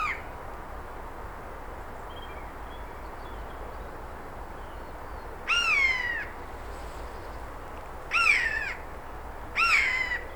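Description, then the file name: Eurasian jay with three falling, mewing calls in the latter half, preceded by the tail of another call and a long quiet stretch of background hiss. "Garrulus glandarius"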